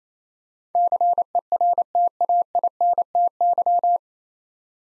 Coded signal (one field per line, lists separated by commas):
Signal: Morse code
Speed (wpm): 28 wpm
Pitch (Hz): 700 Hz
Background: none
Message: CERTAINTY